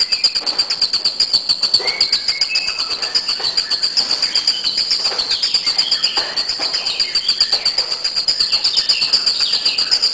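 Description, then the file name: Bird singing a continuous train of sharp, high chirps about four per second, interrupted by scattered brief whistled notes at a lower pitch. "burungrio"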